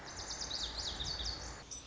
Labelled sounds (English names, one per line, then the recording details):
Lazuli Bunting
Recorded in Sonoma County, California